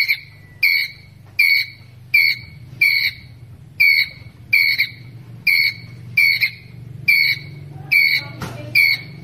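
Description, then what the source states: Ground squirrel giving sharp, high chirps in a steady series over a low background hum. Ground squirrel calling to its group.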